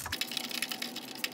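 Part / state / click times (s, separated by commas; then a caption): spark plug socket onto spark plug in cylinder head / not seated / none. A 14 mm spark plug socket with a magnetic end is pushed down the plug well toward the spark plug in a BMW's aluminium cylinder head so the plug can be removed. A low thump at the start is followed by a series of light, sharp taps and ticks, including brief louder snaps. Nothing has seated or clicked on yet; the socket is still being handled.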